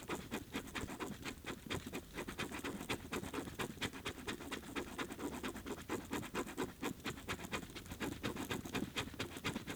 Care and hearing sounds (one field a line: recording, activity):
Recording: daily activity, guitar pickup as the sensor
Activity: write